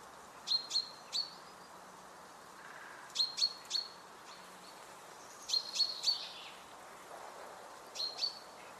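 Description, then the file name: Common chaffinch calls: short high sharp notes in clusters of two or three, repeated about every two and a half seconds over a steady background hiss. "Fringilla coelebs"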